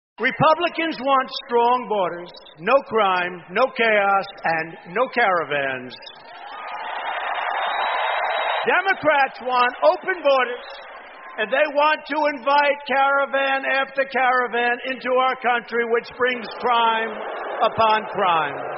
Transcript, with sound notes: Republicans want strong borders. No crime. No chaos and no caravans. (APPLAUSE) Democrats want open borders and they want to invite caravan after caravan into our country which brings crime upon crime.